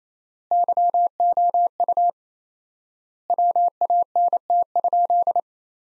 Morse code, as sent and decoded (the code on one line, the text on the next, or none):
-.-- --- ..- / .-- .- -. - ..--..
YOU WANT?